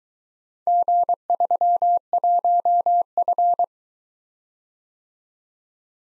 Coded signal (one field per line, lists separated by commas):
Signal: Morse code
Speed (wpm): 22 wpm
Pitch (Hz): 700 Hz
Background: none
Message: G31F